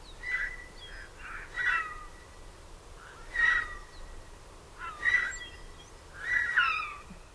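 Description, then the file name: Eurasian jay calling with rough, grating bursts blended with a level whistled note, five calls spaced one to two seconds apart against a low rumble. "Garrulus glandarius"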